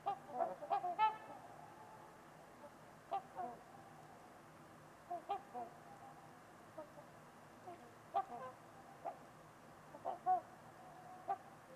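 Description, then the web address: Trumpeter swans uttering short nasal honks at irregular intervals, singly or in pairs, against a soft steady background hiss. Winter evening at Winters Lake in a deep, quiet valley; distant white noise noted. "Trumpeter Swans on a Winter's Eve. Winters-Lake-with-Swan. Wind Is the Original Radio"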